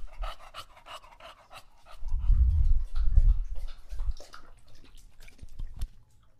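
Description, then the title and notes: English Bulldog panting in quick bursts, with two loud deep snorting breaths in the middle and softer lapping sounds after. Male pet English Bulldog named Lucho drinking from a water bowl after a long walk, heavily out of breath between drinks. "English Bulldog Drinks from Water Bowl. listen to Lucho the English Bulldog as he tries to drink water after a long walk. Don't let his heavy breathing fool you in between drinks, he's equally out of breath from the walk"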